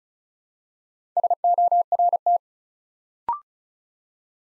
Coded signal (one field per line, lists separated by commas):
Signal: Morse code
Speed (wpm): 36 wpm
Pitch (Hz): 700 Hz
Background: none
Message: SORT